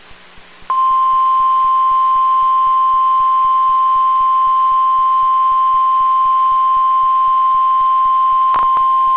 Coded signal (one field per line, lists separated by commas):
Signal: Emergency Alert System (SAME) tones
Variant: 1050 Hz attention tone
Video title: A Marginaly Cool Event | EAS Alerts from 8/26/26